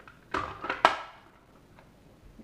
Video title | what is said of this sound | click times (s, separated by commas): Sasquatch Mountain Tactical holster lineup | that's going to give you a nice, firm, positive retention. You can hear that click. | 0.8 s